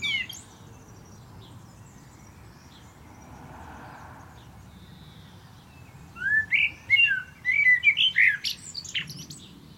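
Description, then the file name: Common blackbird song arriving after a quiet stretch: fluty whistled notes followed by thin squeaky twittering near the end. "Turdus merula"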